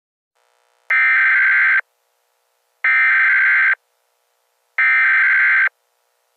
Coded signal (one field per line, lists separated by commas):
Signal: Emergency Alert System (SAME) tones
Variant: header bursts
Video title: EAS Scenario: Sprunki